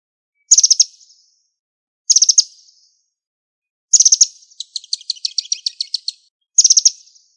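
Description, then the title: Bird chirping: four high, rasping bursts spaced well apart, one of them running into a rapid ticking trill. "LuckyPassaro Completos2Sama"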